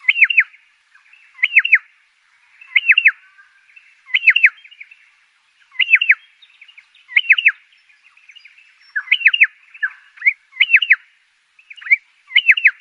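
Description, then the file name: Pardalote song: a quick high two- or three-note phrase repeated regularly, with faint twitters between. "canto do pardalote"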